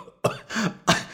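Three short, harsh cough bursts in about one second, the middle one longer with a throaty voiced quality. An acted adult woman's cough from inside her room, blamed on dust mites from a doormat being shaken nearby. The room sounds quiet behind it.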